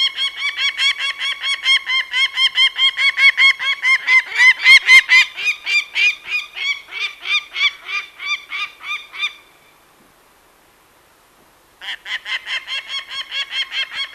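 Peregrine falcon repeating harsh cackling notes in a fast run, falling silent for about two seconds, then resuming the rapid chatter.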